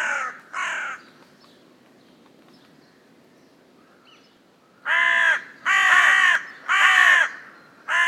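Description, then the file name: Carrion crow calling: two short hoarse caws, a quiet pause of several seconds, then four loud, harsh drawn-out caws in quick succession. "Corvus corone"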